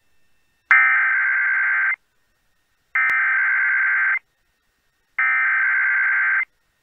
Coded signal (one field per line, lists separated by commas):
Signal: Emergency Alert System (SAME) tones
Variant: header bursts